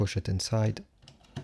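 A yellow ink cartridge is being pushed by hand into the cartridge bay of a Brother MFC-J1010DW / J1012DW inkjet printer. Someone talks for the first part, followed by a few faint, short plastic taps. Nothing has seated or clicked yet.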